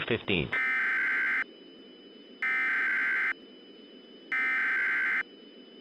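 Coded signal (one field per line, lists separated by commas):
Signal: Emergency Alert System (SAME) tones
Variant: header bursts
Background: speech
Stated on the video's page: Fictional tornado outbreak EAS scenario.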